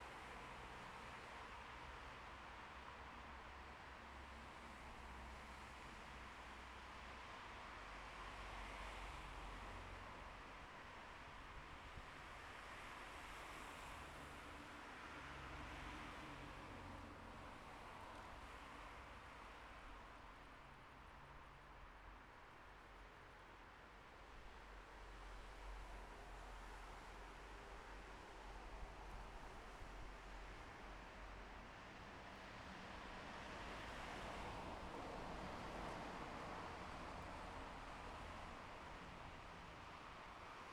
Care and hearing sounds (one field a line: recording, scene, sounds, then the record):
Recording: everyday scene through a hearing-aid microphone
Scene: in traffic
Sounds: traffic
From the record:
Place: bus stop on a city main road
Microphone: behind the ear, left, rear